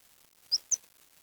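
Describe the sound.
Bird calls: two brief, very high thin chips about a fifth of a second apart, over quiet background hiss.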